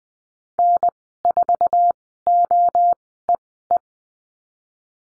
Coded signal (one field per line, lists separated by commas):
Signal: Morse code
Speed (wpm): 20 wpm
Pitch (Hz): 700 Hz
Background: none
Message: N4OEE